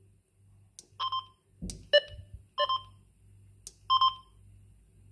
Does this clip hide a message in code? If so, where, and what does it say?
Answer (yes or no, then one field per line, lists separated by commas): no